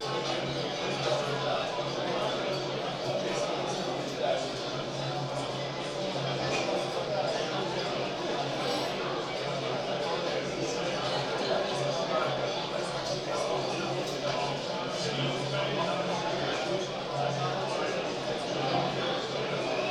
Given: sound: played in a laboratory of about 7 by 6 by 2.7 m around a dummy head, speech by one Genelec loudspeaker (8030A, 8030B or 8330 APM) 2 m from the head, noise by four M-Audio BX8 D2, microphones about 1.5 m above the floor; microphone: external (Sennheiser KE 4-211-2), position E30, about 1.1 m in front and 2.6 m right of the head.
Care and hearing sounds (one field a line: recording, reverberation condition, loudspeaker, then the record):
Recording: cafeteria noise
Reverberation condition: medium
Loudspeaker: four, about 170 cm from the corners of the room and facing them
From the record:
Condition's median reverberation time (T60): about 510 ms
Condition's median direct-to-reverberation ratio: about -0.5 dB